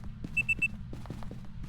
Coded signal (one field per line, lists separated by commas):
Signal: none